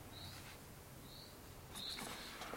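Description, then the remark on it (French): A nightingale sings softly: three brief, high whistled notes spaced roughly a second apart, faint against a low, steady background rumble. “On va avoir le rossignol.”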